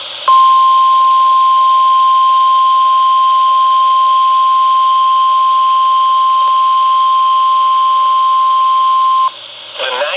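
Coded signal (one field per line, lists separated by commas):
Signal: Emergency Alert System (SAME) tones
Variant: 1050 Hz attention tone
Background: speech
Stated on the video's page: Severe thunderstorm watch with long headers on NOAA Weather Radio station KSC43.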